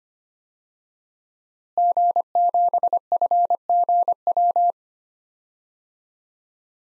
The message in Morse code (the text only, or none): G7FGW